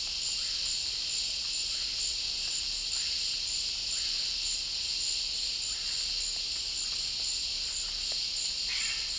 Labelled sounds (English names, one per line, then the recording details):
none
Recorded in dense forest near Puerto Asís, Putumayo, Colombia, on 26 December 2024 at 12:30
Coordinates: 0.485, -76.318
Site GP03